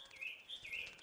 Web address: Northern bat « Skjulte skatter